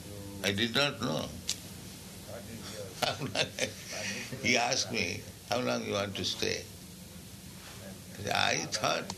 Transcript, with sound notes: I did not know how long I... [laughs] He asked me, "How long you want to stay?" So I thought,